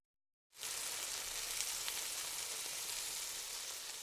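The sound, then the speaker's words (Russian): Meat sizzles frying in a hunters' tent with dry elm crackling in a tin stove: after a brief silence, a steady, bright hissing starts abruptly and continues evenly, with a few faint pops and crackles scattered through it. No one speaks. “Потрескивал в жестяной печке сухой ильм, шипя жарилось мясо, и оба охотника, огромные в тесной палатке, со всклоченными бородами, молча сидели на пихтовой хвое.”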